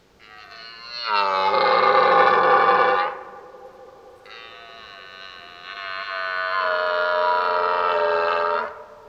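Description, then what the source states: Red deer stag roaring twice, each a loud, harsh, drawn-out bellow of a few seconds with a rough, grating tone. Old stag roaring during the rut (burlen).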